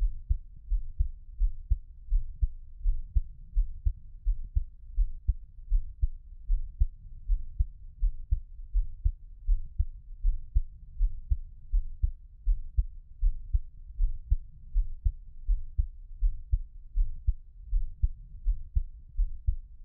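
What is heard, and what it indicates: Steady low thumping adult heartbeat, about 81 beats a minute, heard close to the chest through a 3Dio binaural microphone, with no talking, made as ASMR.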